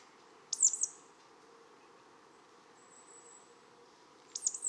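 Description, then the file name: Marsh tit calls: two brief, high, falling call groups, one near the start and one at the end, over a constant low drone. "Poecile palustris"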